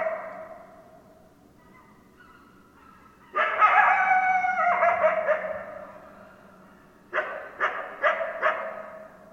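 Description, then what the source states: Coyote howls: a loud, wavering howl in the middle, followed by a few short, sharp yips near the end. Coyotes, recorded on 10 December 2012.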